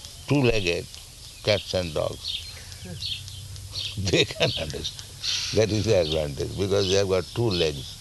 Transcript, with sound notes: two-legged cats and dogs, [laughs] they can understand. That is the advantage, because they have got two legs.